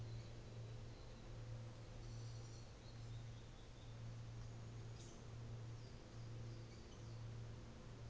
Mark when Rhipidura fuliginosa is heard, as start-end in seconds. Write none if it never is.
1.80-2.77, 4.78-7.35